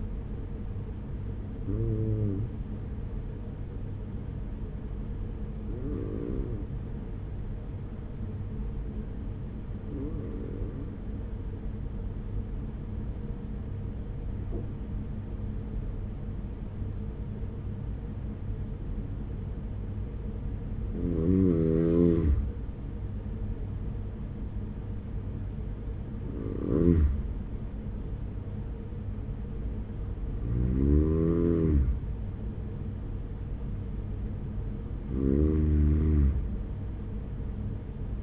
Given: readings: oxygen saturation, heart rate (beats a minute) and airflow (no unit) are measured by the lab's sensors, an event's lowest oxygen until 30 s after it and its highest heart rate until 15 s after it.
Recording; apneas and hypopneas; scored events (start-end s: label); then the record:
breathing in sleep by a smartphone at the bedside; 1
7.00-30.10 s: hypopnea (N1, oxygen 95% highest, then 93% lowest)
14.00-38.23 s: new sleep stage, N2 (light sleep)
From the record:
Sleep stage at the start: N1 (lightest sleep); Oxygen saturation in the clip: 93 to 96%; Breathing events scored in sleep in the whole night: 210 in 6.9 hours asleep